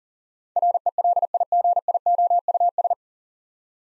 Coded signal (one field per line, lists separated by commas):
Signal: Morse code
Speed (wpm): 37 wpm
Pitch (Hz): 700 Hz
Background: none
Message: RELIGIOUS